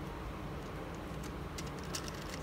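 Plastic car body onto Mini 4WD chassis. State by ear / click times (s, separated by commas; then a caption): not seated / none. The plastic body of a Mini 4WD Hawk Racer (item 18087) toy car is pressed onto its plastic chassis several times over a steady low background noise, with a few brief sharp ticks around 1.6, 2.0 and 2.1 seconds. The body does not lock onto the chassis because it sticks out a bit, so nothing has locked into place yet.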